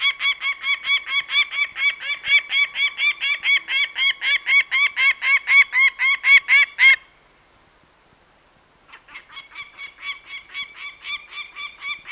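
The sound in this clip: Peregrine falcon giving a rapid harsh cacking series, a pause of about two seconds, then a softer run of the same notes.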